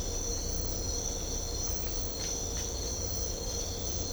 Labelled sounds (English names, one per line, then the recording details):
none
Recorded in secondary vegetation near Puerto Asís, Putumayo, Colombia, on 18 December 2024 at 05:30
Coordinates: 0.500, -76.326
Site G065